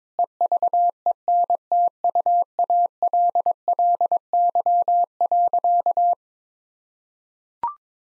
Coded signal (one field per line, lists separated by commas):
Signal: Morse code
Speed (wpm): 21 wpm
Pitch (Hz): 700 Hz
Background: none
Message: EVENTUALLY.